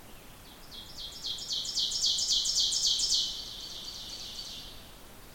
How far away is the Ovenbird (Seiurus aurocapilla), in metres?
about 20 m